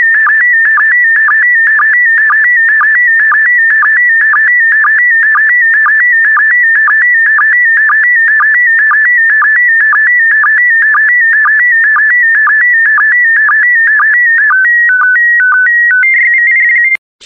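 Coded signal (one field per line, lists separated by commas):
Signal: SSTV (slow-scan television)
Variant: PD120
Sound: warbling electronic tone with steady rhythmic ticks, then stepped beeping tones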